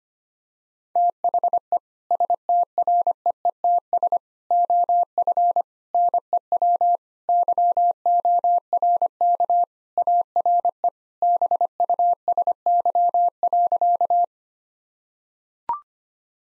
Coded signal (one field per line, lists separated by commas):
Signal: Morse code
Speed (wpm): 25 wpm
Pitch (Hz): 700 Hz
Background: none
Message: THE STREETS OF NEW YORK ARE BUSY.